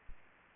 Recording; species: mosquito wingbeat signal from an infrared sensor; Aedes aegypti